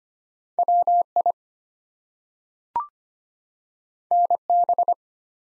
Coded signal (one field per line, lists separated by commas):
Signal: Morse code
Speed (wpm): 25 wpm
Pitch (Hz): 700 Hz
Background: none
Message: WI NB